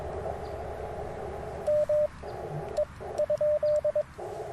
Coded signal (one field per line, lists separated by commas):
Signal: Morse code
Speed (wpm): 21 wpm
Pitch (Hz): 590 Hz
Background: radio noise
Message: ME?